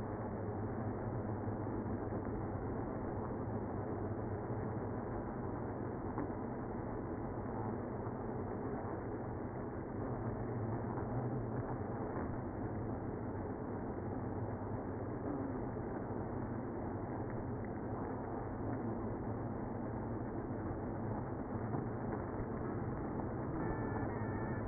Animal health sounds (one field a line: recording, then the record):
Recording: honeybee colony, microphone inside the hive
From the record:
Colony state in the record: queenless (queen removed)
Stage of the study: after two queens were removed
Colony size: about 60,000 bees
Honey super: yes